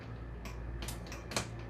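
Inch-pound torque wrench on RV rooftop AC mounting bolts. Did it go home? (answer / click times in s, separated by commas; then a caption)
yes / 1.4 s. An inch-pound torque wrench tightens the last two mounting bolts of a rooftop GE Profile RV air conditioner to 35 inch-pounds, compressing the seal to stop it from leaking. Faint ticking and ratcheting sounds come at about 0.5, 0.8, 1.1 and 1.3 s over a steady low hum. The wrench clicks over at its setting with the sharpest click at 1.4 s.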